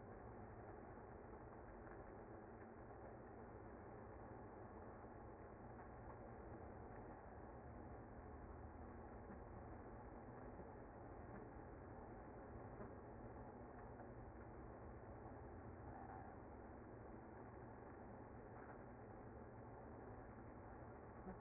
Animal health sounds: honeybee colony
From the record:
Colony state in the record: active

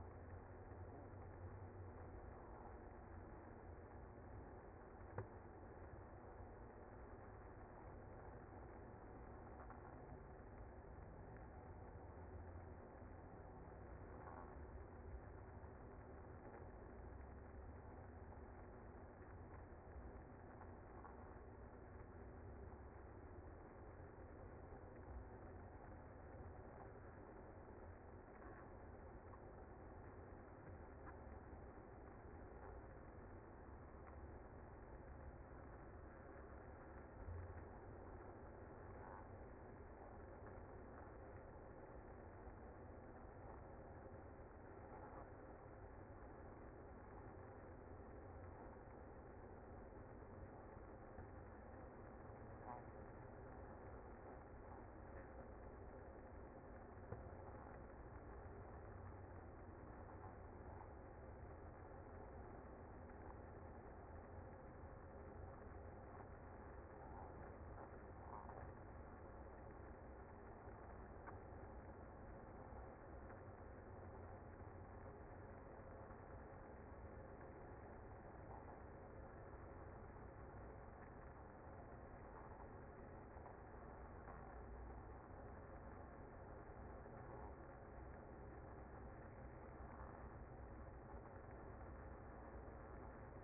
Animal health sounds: honeybee colony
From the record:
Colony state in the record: active

